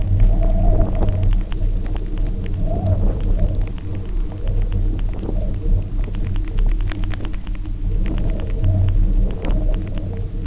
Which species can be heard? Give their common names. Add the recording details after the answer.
none. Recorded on Arctic tundra, site UTQI-0, on 27 June 2018. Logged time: 00:00